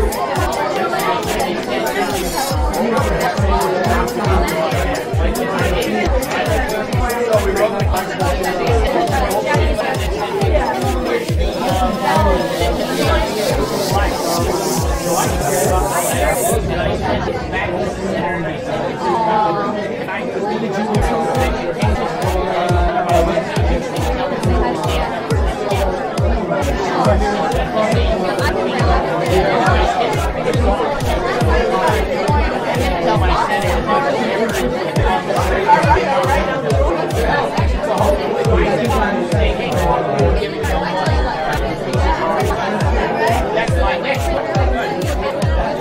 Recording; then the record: background sound without coughing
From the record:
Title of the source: Nightlife Party Simulating Party Club Noise 1 Hour